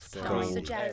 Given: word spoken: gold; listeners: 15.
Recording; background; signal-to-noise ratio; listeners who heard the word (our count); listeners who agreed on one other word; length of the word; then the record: one English word in noise, from a listening test; four-talker babble; 0.9 dB; 0 of 15; 7 of 15; 0.53 s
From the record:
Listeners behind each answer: 7, 1, 1, 1, 1, 1, 1, 1, 1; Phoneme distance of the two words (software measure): 10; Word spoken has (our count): 1 syllable, 4 phonemes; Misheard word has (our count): 1 syllable, 4 phonemes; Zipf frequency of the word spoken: 5.10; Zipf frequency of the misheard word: 5.11